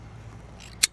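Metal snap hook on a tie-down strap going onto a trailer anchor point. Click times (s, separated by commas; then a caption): 0.8 s. The spring-loaded metal snap hook on the end of a Bulldog Winch ratcheting vehicle tie-down strap is pushed onto a trailer anchor point, with faint ticks around 0.6 s and 0.7 s. Its metal gate snaps shut with a sharp, bright click at 0.8 s, without the gate having to be pressed. The hook is seated on the anchor.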